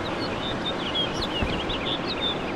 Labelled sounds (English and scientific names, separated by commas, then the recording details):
House Finch (Haemorhous mexicanus) song
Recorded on Long Island, New York, on 21 March 2012
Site FL
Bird D